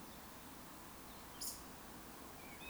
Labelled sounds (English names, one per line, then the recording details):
Eurasian Woodcock whistle
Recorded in Baden-Württemberg, Germany, on 18 June 2021 at 19:33 UTC
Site 49334, 1074 m above sea level